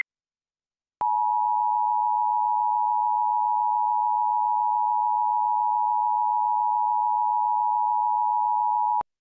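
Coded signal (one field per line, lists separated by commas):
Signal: Emergency Alert System (SAME) tones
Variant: 853 and 960 Hz attention tone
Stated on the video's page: EAS AMBER Alert, a statewide child abduction emergency.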